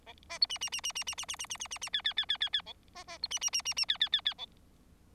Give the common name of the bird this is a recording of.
Bengalese Finch